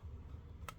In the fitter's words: you hear it clicking